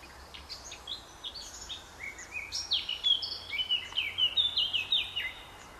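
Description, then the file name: Eurasian blackcap song opening with a subdued twittering warble and rising into loud, pure whistled notes that tumble downward in a fast, rich closing flourish. "Sylvia atricapilla"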